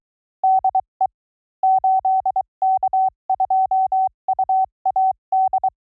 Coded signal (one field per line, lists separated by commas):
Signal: Morse code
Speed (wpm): 23 wpm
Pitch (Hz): 750 Hz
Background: none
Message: DE 8K2UAD